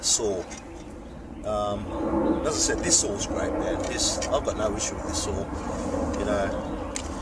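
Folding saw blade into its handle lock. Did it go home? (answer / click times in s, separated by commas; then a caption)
no / none. Someone talks while handling a folding pruning saw, unfolding its blade toward the open position in the handle lock, with a steady background rumble throughout. The clip ends before the blade locks open, so nothing has seated or clicked yet.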